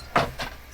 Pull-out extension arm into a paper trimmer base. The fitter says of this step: they sort of Click into place